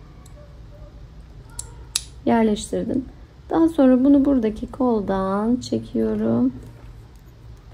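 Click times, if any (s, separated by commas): none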